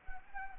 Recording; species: mosquito wingbeat signal from an infrared sensor; Anopheles arabiensis